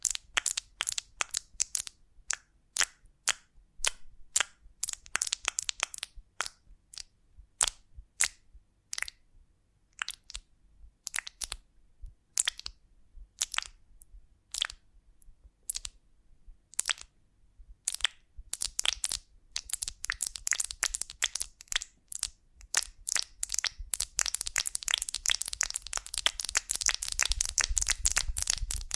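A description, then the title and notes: Crisp crackles and sharp snaps from a honeycomb on a branch, each a quick bright click with quiet gaps between. The clicks come irregularly at first, then grow denser and more continuous after about twenty seconds, ending in a thick, steady crunching. ASMR of a Honeycomb on Branch (No Talking).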